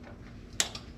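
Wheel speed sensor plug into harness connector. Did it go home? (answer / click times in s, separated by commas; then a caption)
yes / 0.6 s. A greased wheel speed sensor plug on the wheel bearing hub of a 2013-18 Ram 2500-3500 is pushed into its harness connector, giving a sharp click at 0.6 s followed by a fainter tick at about 0.8 s over quiet background noise. The connector is seated and fully engaged.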